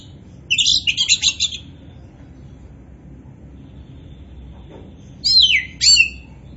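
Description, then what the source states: Oriental magpie-robin song: two short bursts of bright, high whistled phrases with quick up-and-down slurs, separated by about four seconds of quiet with low background hum. Kacer poci variety, described as gacor (singing vigorously and continuously).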